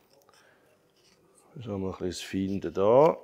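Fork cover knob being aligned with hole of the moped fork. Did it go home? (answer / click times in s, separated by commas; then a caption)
no / none. A fork cover knob is turned and felt around to line it up with the hole in a Puch moped fork before it is pushed home. Only quiet handling noises are heard in the first 1.5 seconds, followed by someone talking. Nothing has seated or clicked yet.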